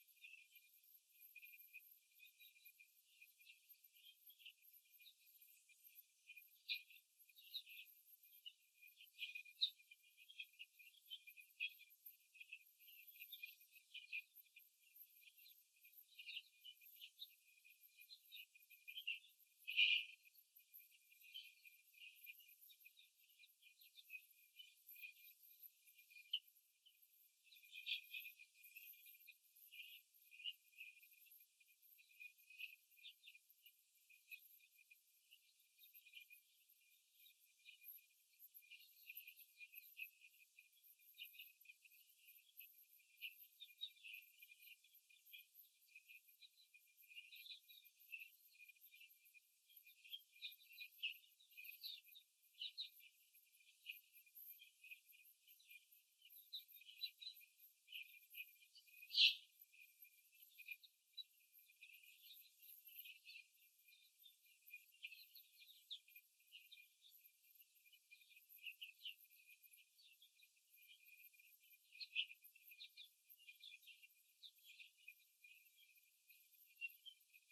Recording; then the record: young laying hens in a cage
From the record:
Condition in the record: after the stressor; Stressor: simulated dog barking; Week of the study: 3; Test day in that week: 2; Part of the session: 2